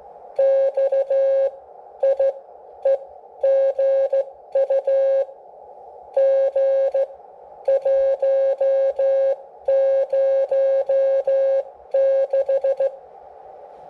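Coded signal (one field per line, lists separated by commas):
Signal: Morse code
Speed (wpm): 14 wpm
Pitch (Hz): 540 Hz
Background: none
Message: XIEGU G106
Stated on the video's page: CW transmit demo from a Xiegu G106.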